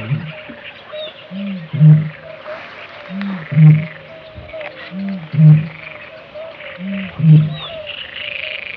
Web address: great bittern boom